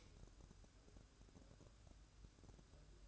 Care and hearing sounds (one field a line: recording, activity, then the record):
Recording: daily activity, microphone in the room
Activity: light off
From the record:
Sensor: 2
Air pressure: 1007.7 hPa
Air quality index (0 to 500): 82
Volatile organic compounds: 1 ppm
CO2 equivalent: 654 ppm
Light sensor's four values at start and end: 7/17/7/7 and 7/17/7/7